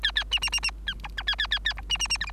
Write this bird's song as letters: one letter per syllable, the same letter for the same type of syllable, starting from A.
A A B B B B A C D A A A A C B B B E F